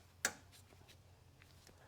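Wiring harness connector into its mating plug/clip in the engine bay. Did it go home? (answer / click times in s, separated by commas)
yes / 0.2 s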